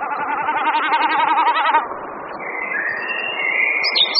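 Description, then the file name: Common snipe drumming, a quavering bleating hum at the start, followed by a songbird's thin whistled and twittering phrases. "Bekasina otavní"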